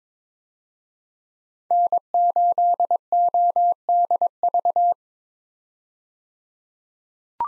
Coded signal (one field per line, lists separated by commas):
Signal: Morse code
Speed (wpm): 22 wpm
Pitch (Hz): 700 Hz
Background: none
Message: N8ODV